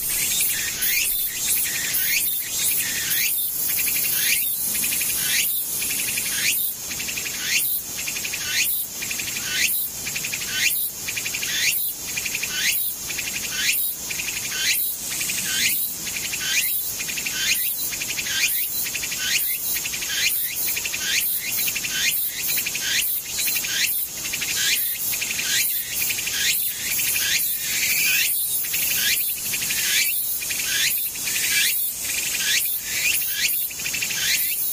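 Cicadas buzz in a dense, shrill drone that swells and fades in a steady rhythm, roughly once per second, throughout.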